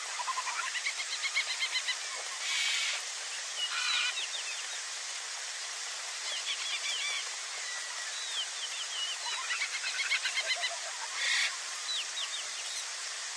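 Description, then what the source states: Birds chattering together: clusters of fast trilled notes and looping whistles rise and fall, interrupted by a few sharp hissing bursts amid steady hiss. Many birds calling together.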